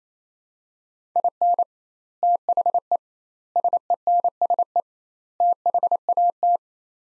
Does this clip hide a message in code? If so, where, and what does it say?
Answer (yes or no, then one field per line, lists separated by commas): yes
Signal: Morse code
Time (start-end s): 1.2-6.6 s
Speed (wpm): 28 wpm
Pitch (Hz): 700 Hz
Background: none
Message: IN THE SENSE THAT